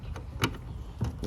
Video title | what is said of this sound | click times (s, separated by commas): VW TIGUAN Taillight Removal and Installation - Volkswagen makes this very Easy! | It's going to click in place. | 0.4 s